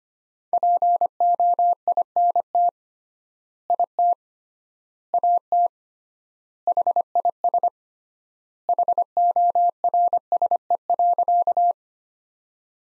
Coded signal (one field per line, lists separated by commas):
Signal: Morse code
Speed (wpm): 25 wpm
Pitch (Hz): 700 Hz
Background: none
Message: POINT IT AT HIS HORSE.